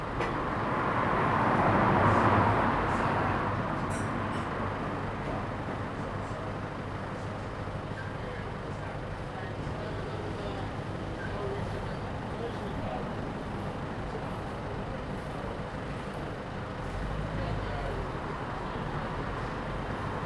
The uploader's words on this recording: Street bar. Captured on the pavement outside a small bar in a narrow street. Daylight is running out as people return home after shopping in the city. The street is decorated with Christmas lights along the length.